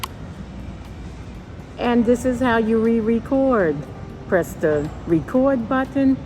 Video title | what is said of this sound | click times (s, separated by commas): How to Elevate Any Blind Shopping Using Audio, Tactile Labels for Blind - VOXCOM Review | then press the card into the machine. You should hear a click. | 0.0 s